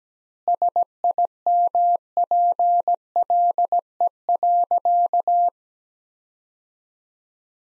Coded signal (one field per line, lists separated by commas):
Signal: Morse code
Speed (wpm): 17 wpm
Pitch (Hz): 700 Hz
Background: none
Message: SIMPLE.